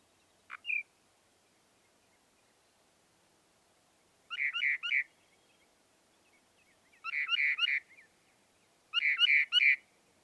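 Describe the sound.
Northern mockingbird singing: one thin opening note, then three separate clusters of three quick, bright notes each, spaced by short pauses.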